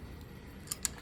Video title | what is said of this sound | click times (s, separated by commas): Harley Davidson Fail! PROOF that my temporary fix for stripped out spark plug threads works! | look at that there it is got loose again this is proof that these threads are stripped out | 0.7 s, 0.9 s